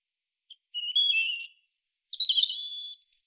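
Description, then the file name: European robin song: a wavering whistled note, a very high thin sustained tone, then a tumbling warble ending on a sharp high flourish. "Erithacus rubecula"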